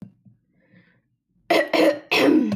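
After a brief quiet, an adult man gives three loud, harsh cough bursts in quick succession: a deliberate coughing fit to clear his lungs.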